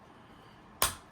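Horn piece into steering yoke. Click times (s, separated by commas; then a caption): 0.8 s. A plastic horn piece with two tabs gets a final push into the steering yoke of a Tesla Model Y. After near silence, a single sharp, bright click sounds at 0.8 s and fades within about two tenths of a second. The horn piece snaps home and is seated.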